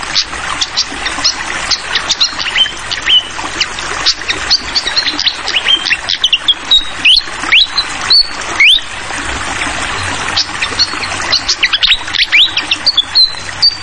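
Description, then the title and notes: Fantail singing busy bursts of high chirps mixed with clear rising whistles, over continuous babbling water. Masteran tutor song for training songbirds: clear-voiced bird with the sound of trickling water. "Masteran Sikatan Kipas Suara Jernih Dan Suara Gemericik Air. Suara Burung Sikatan Londo"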